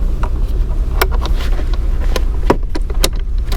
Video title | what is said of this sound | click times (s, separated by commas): Cabin Air Filter Replacement - VW Touareg 2 (2010 2011 2012 2013 2014 2015 2016 2017 2018) | push up until it snaps in place and | 3.0 s